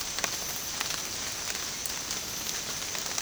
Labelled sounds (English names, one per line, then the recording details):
none
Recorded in secondary vegetation near Puerto Asís, Putumayo, Colombia, on 25 June 2025 at 14:00
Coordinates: 0.484, -76.319
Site G074